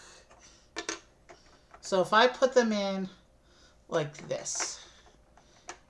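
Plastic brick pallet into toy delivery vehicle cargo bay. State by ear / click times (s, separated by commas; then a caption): seated / 5.7 s. Plastic toy brick product pallets are refitted, in the correct orientation, into the cargo area of a toy delivery vehicle while someone talks, with light plastic taps and clicks around 0.8–1.7 s. A sharp click at 5.7 s marks a pallet locking into place, confirming it is seated.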